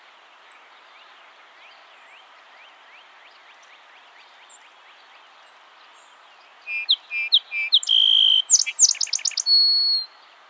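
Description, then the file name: Song sparrow song after faint chirps in the background: a few whistled notes, a rapid trill and a ringing, level finish. "Melospiza melodia - Song Sparrow"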